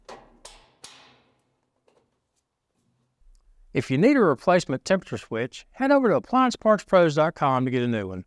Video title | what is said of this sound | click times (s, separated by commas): How To Test A Kenmore Washer Temperature Control Switch WPW10184148 | After that, just push down on the console till it locks in place. | 0.5 s, 0.8 s